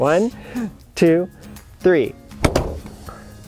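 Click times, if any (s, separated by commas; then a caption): 2.4 s, 2.6 s. A BMW i8 car bonnet, lowered and resting on its latch, is pressed down with a palm on a count of three while someone talks. Sharp clicks at 2.5 s and 2.6 s mark the hood latch clicking shut, and the bonnet is confirmed seated and back down.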